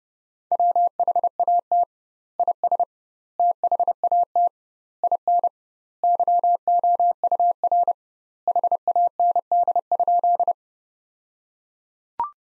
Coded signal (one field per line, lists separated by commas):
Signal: Morse code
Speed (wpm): 32 wpm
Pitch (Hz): 700 Hz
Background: none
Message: WHAT IS THAT IN YOUR HAND?